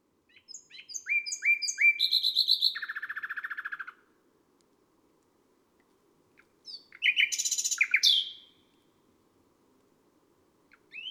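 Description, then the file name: Nightingale song: a series of whistled notes leading into a rapid rattling trill, then a pause and a second phrase of harsh, quick notes. Recorded on a May night. "Un rossignol enregistre une nuit de mai"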